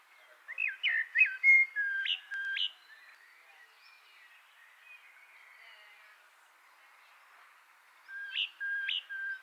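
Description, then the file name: Common blackbird song, fairly quiet: a burst of quick, slurred whistles and a few hooked notes, a long near-silent gap, then one more short whistled phrase. "Turdus merula"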